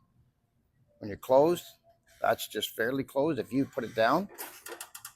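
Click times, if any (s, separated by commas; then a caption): none. Someone talks while handling the locking handle of a Van Mark sheet-metal siding brake, which clamps the jaw when pushed down. A few brief, sharp sounds come near the very end, around 4.8, 5.0 and 5.1 seconds. The handle has not yet locked down, and nothing has seated or clicked home yet.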